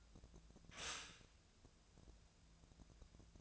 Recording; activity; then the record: daily activity, microphone in the room; stop toaster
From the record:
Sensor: 2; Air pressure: 1000.0 hPa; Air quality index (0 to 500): 147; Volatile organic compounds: 2 ppm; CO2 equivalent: 1248 ppm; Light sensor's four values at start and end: 26/65/28/30 and 26/65/28/30